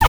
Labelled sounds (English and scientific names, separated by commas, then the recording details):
Zebra Finch (Taeniopygia guttata) kackle call
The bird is a male
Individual mal1